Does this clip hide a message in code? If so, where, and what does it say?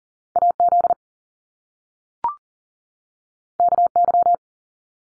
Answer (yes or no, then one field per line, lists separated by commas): yes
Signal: Morse code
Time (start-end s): 0.4-4.3 s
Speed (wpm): 38 wpm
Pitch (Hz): 700 Hz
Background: none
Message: AZ KY